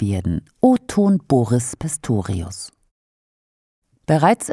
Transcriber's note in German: O-Ton Boris Pistorius